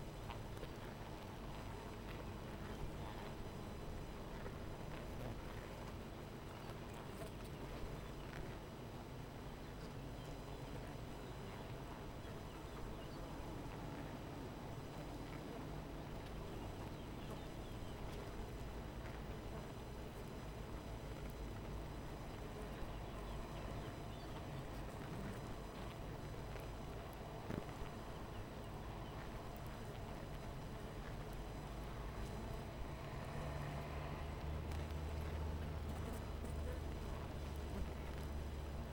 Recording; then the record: honeybee colony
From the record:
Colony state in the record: missing queen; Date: 14 July 2017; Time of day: 12:25